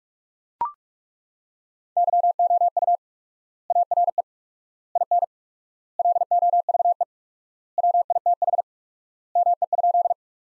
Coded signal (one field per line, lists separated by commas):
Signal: Morse code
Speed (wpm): 41 wpm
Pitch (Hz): 700 Hz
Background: none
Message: YOU ARE IN LOVE WITH ME?